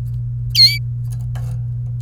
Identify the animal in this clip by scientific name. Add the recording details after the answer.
Serinus canaria. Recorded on 27 April 2018 at 17:04. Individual llb3